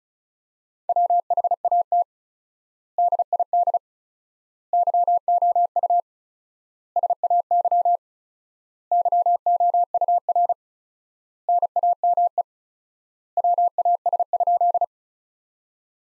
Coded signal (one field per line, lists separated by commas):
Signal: Morse code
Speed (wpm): 36 wpm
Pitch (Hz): 700 Hz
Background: none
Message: WHAT DID YOU SAY YOUR NAME WAS?